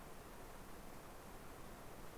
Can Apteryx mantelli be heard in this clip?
no